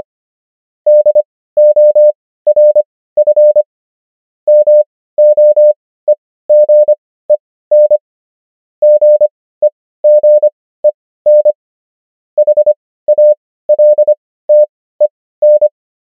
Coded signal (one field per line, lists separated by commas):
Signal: Morse code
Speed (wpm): 25 wpm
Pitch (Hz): 600 Hz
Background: none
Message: DORF MOEGEN GEGEN HALTEN